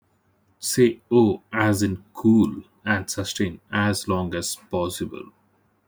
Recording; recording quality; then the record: sustained vowel as in boot; poor, much background noise or distortion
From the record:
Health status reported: healthy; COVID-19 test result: negative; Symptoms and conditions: none ticked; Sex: male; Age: 34 years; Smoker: not ticked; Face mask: not worn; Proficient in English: yes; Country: India